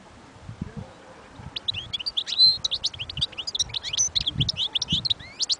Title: اجمل غناءالحسون الخلويchant chardonneret sauvage collection